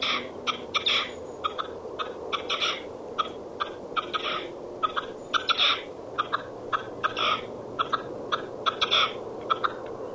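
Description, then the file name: Partridge giving rapid chattering calls in quick bursts of harsh, clipped notes, repeated throughout over a constant background hiss. "Pernice"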